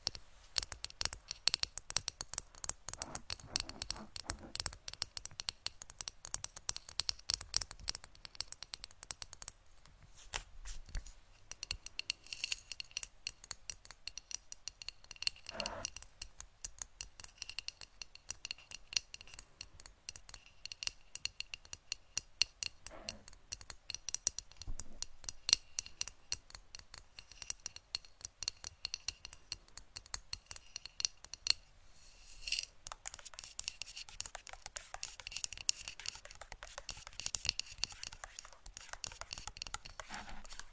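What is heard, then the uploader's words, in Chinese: Brain tapping: a dense stream of quick, crisp taps and clicks runs through the whole clip, bright and sharp, like snipping scissors. Brief lulls come near 10 and 31 seconds, a few heavier knocks land around 16 and 23 seconds, and the tapping grows busier after 32 seconds. 敲击大脑/指尖刺痛（声控助眠）。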